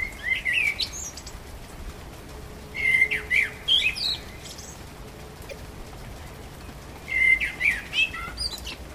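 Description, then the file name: Common blackbird song: three fluty, warbled phrases around mid pitch, each ending in a higher twittering flourish, separated by pauses of a few seconds. Recorded 12 April 2010. "Amsel 20100412"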